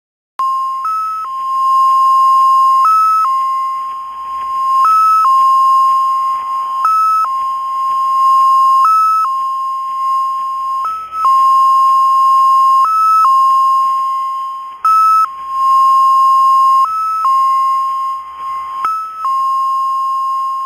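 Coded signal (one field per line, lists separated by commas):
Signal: numbers station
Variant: XPA2 MFSK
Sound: steady mid-pitched tone with short higher-pitched tone shifts about every two seconds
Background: radio static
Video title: XPA2 - 2120z 27 July 2014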